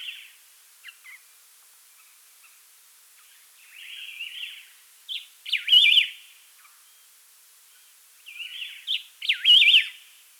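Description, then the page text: Variegated laughingthrush song: short, warbled, whistled phrases, quiet at first, then two louder bursts of rich, rising and falling notes several seconds apart, with silence between. "Variegated Laughingthrush Song - Quick Sounds"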